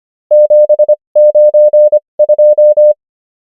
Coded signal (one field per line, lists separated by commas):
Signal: Morse code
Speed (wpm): 25 wpm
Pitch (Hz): 600 Hz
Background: none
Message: 792